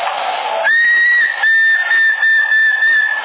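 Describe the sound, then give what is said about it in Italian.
A steady, high-pitched whistle tone sounds over a noisy, band-limited CB radio channel in Sassari, holding one pitch for about two and a half seconds with a brief dip midway, amid hiss and crackle. “Fischia, va. Se sapevo come ci ha fischiato.”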